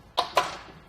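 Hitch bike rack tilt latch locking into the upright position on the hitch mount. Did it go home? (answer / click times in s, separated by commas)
yes / 0.2 s, 0.4 s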